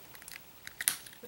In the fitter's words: snaps into place like that